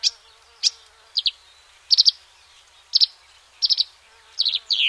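Marsh warbler song of short paired and tripled chipping notes, repeated roughly every second, ending in a buzzy slur.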